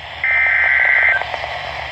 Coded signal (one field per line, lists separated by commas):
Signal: Emergency Alert System (SAME) tones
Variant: header bursts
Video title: EAS ALERTS FROM 2023 - 'Michigan Mayhem'